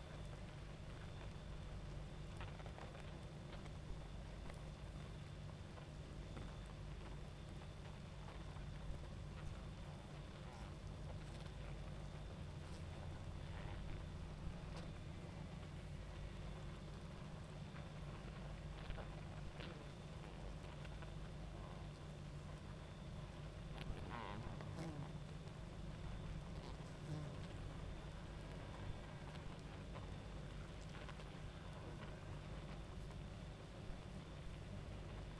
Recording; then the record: honeybee colony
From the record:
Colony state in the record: active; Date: 28 July 2017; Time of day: 22:54